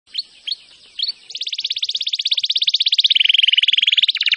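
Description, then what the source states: Canary giving three short rising chirps, then launching into a long, fast rolling trill that drops in pitch toward the end. Song described as gacor, meaning vigorous, continuous singing.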